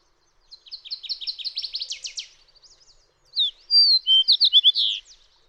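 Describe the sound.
Fox sparrow song: a softer run of quick repeated notes, then a loud, full phrase of sweet whistled slurs that rise and fall.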